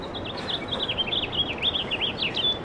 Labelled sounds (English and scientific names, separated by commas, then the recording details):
House Finch (Haemorhous mexicanus) song
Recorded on Long Island, New York, on 18 April 2012
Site GC
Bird C